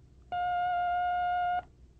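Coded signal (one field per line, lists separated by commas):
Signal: beep code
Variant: language course drill cue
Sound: one long steady beep about 1.3 seconds, buzzy tone with harmonics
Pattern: 1 long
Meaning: Signal for repetition: the student repeats what was heard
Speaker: the signal for repetition is a long beep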